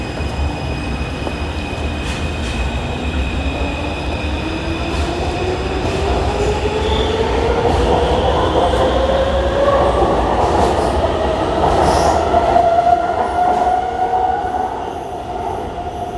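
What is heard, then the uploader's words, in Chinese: A metro train rides out from Taipei Main Station under a steady low rumble. A motor whine climbs slowly in pitch from about two seconds to fourteen seconds as the train gathers speed, with faint high tones above and the noise easing slightly at the end. 從台北車站搭捷運上班。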